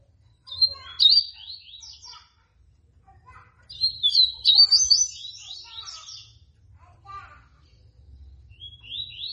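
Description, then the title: Rusty-collared seedeater song: a few bursts of quick, slurred whistled notes, with a faint low hum throughout. Female; song in the tui tui style. "COLEIRO DE GOLA TUI TUI FIBRA"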